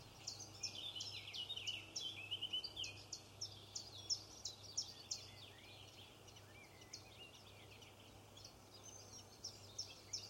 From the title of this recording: Robin Birds Chirping